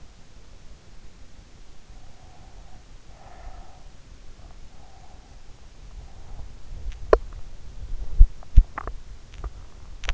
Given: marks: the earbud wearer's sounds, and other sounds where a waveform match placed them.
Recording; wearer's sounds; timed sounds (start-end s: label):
sounds in sleep by an in-ear microphone; breath, swallowing
1.50-4.04 s: breath
4.30-6.70 s: breath
6.70-10.14 s: swallowing